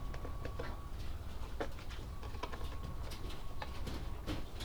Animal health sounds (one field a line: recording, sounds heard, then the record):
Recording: poultry house recording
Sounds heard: sick chickens (respiratory disease)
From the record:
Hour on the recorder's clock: 16